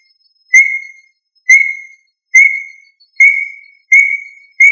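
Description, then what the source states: Quail calling with clear, even whistled notes, each slightly drawn out, repeated roughly once per second. Labelled with the family Tinamidae and the local name puyuh.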